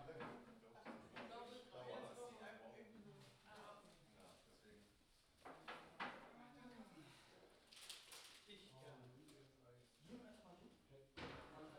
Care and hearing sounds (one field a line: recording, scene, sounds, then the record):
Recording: everyday scene through a hearing-aid microphone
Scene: many people talking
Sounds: many voices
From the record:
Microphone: in the ear canal, left